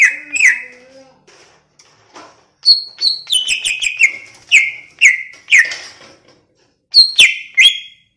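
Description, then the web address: Greater green leafbird song, loud sweet whistled notes that slide downward, delivered in quick clusters separated by short pauses. Song of a greater green leafbird from Banyuwangi, described as gacor, meaning singing loudly and continuously. "cucak ijo banyuwangi"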